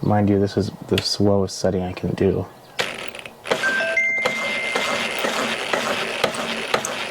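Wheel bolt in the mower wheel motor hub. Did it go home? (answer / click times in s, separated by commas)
no / none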